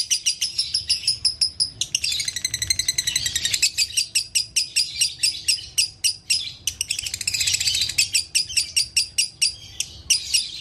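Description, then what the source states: Canary singing continuously: quick chirp series blending into rich rolling trills and buzzy passages, with varied phrases following one another without pause. Long-duration canary song, masteran for training other songbirds.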